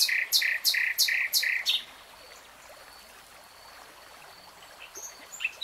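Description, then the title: Nightingale song opening with five or six loud, evenly spaced chopped notes in under two seconds, followed by quiet. Nightingale singing in real time. "[Tiếng chim hót] 3 Hours REALTIME Nightingale Singing"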